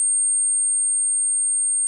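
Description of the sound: A steady, very high-pitched, quiet pure tone lasts about two seconds without change. It is a simulation of tinnitus, the constant ringing in the ears, which can be more or less high-pitched and more or less vibrating.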